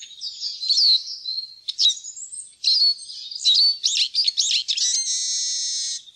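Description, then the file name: Eurasian siskin singing a rapid, high twittering phrase of chirps and trills that ends in a long, drawn-out wheezy buzz. "groennsisik"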